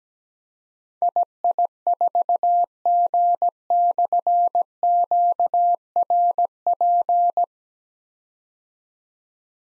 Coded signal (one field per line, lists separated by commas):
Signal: Morse code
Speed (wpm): 17 wpm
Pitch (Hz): 700 Hz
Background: none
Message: II4G/QRP